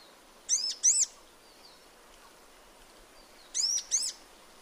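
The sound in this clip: Sunbird calling with thin, high chirps given in two quick pairs, the second pair coming about three seconds after the first.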